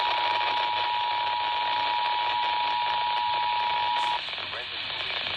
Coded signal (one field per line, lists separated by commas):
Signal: Emergency Alert System (SAME) tones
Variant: 853 and 960 Hz attention tone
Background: speech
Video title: Child Abduction Emergency(2-24-2021) EAS #29